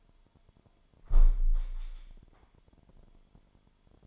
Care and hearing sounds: daily activity, microphone in the room; close window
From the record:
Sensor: 5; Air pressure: 998.1 hPa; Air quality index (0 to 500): 99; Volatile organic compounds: 2 ppm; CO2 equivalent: 1133 ppm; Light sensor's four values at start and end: 27/65/27/30 and 27/65/27/30

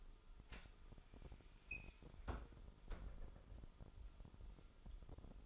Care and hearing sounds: daily activity, microphone in the room; close fridge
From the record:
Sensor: 5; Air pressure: 988.6 hPa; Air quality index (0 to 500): 218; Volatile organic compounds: 121 ppm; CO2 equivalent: 3882 ppm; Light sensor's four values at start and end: 42/126/50/53 and 41/128/49/53

